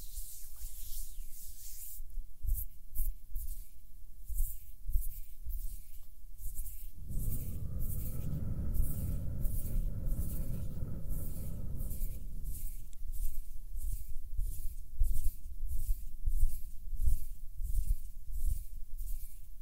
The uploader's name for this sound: HAND SOUNDS + SOFT HAND MOVEMENS